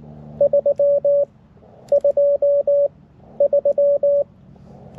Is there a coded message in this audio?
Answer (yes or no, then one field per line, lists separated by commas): yes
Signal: Morse code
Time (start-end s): 0.4-4.2 s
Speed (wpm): 19 wpm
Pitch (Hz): 560 Hz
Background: none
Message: 323